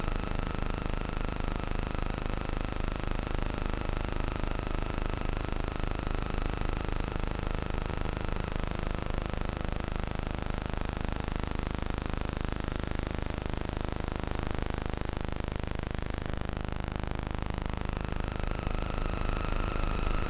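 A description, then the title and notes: Invisible electromagnetic frequencies made audible as a steady, dense hiss and hum, with faint tones slowly sweeping and crossing throughout. Vlad designed it for hearing the invisible electromagnetic frequencies that surround us. Ether is a handheld object, a little black box, that contains a magnetic antenna and an integrated electronic antenna. This episode of sonic sketchbooks is built entirely from sounds detected by Ether as I wandered about the streets of my local neighbourhood.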